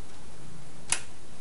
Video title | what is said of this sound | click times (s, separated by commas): 5 Minute SSD hard drive swap out | here's the back end inside of my case you can see you just slide the drive back in snaps | 0.9 s